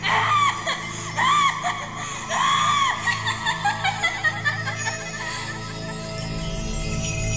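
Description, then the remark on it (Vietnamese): A person inside screams over and over, a string of strained, rising and falling wails with short breaks between them, loud at first and then continuing in quicker bursts. “Người bên trong thì gào thét không ngừng.”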